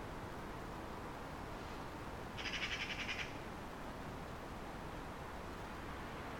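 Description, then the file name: Eurasian magpie producing one short, harsh rattle lasting under a second against a hissy background. "Pica pica"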